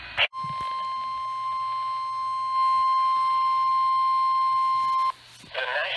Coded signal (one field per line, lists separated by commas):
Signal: Emergency Alert System (SAME) tones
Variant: 1050 Hz attention tone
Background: speech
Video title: It Ain't Over Yet...EAS Alerts from July 23 & 24, 2020 (EAS #235-248)